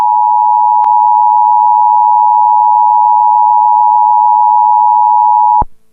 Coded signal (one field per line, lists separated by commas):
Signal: Emergency Alert System (SAME) tones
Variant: 853 and 960 Hz attention tone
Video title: EAS SCENARIO ON A RED LIGHTNING WORM Aircheck NOVEMBER 21 2012 |GMA CAT GMS NETWORK